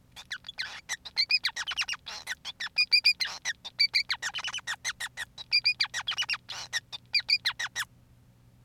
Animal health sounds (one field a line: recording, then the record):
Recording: song of a male Bengalese finch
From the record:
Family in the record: son of father 5